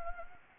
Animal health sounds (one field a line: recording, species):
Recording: mosquito wingbeat signal from an infrared sensor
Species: Anopheles gambiae